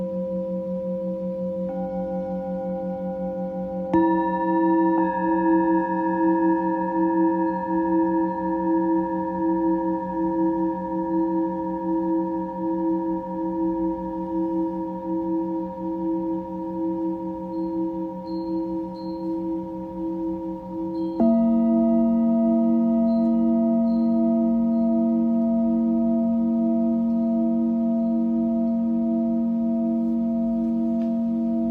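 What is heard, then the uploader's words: A Tibetan singing bowl rings with a steady, layered hum, struck again at about four seconds and once more near twenty-one seconds, each strike adding a brighter, louder tone. Between strikes the sound sustains evenly, with a faint slow waver and no fading. Tibetan Singing Bowl のサウンドヒーリング.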